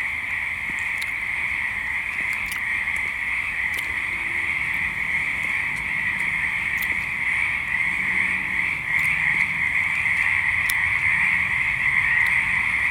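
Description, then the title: Frogs calling in a dense chorus, a steady high trilling drone that runs unbroken throughout, with a few faint clicks over it. Frogs back in full force at a pond at Knickerbocker; pond still a little low; frog eggs and tadpoles present. "The Frogs of Knickerbocker"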